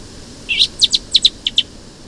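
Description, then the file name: Common blackbird calls: a rapid series of sharp, high chinking notes, mostly in pairs, over about one second against a faint steady hiss. "Turdus merula"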